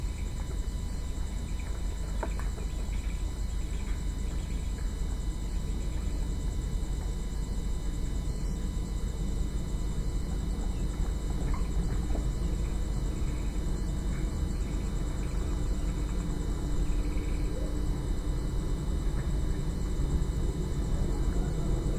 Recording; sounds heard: poultry house recording; healthy chickens